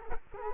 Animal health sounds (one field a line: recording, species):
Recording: mosquito wingbeat signal from an infrared sensor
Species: Culex quinquefasciatus